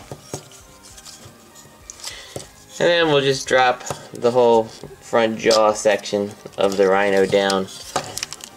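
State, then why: Seated. While someone talks, the whole front jaw section of a plastic rhino robot action figure is lowered and pushed into its notch in the body during transformation. There are light handling taps, then the jaw snaps into place with sharp clicks at 8.2 s and 8.2 s.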